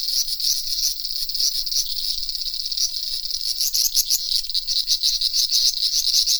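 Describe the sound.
Cicadas in a dense, shrill buzzing chorus, pulsing unevenly in loudness with bright rasping bursts throughout.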